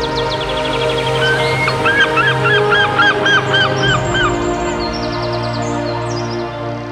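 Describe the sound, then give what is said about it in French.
A steady run of repeated honking bird calls, evenly spaced and fairly loud, with a second series of higher calls joining in over a constant low hum of background noise. “Le cinquième jour, Dieu créa toutes sortes de poissons pour peupler les mers et des oiseaux pour chanter dans le ciel. Quelle symphonie!”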